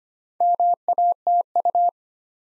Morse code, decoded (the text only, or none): MATU